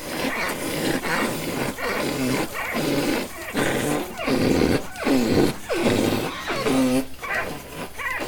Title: ordenha (gramaços, oliveira do hospital). Ovelhas (Ordenha)